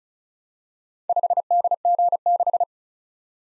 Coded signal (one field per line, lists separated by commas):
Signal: Morse code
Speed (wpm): 36 wpm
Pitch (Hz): 700 Hz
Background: none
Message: 5DG6